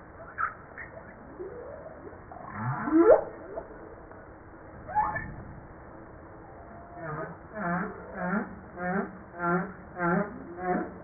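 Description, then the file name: Humpback whale song, softer at first with scattered sweeping notes, then a steady run of short pulsed units. Recorded 5 March 1994. "Baleine a bosse 940305"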